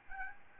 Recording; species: mosquito wingbeat signal from an infrared sensor; Aedes albopictus